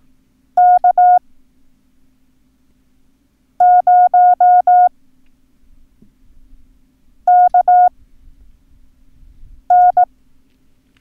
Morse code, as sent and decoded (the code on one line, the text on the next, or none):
-.- ----- -.- -.
K0KN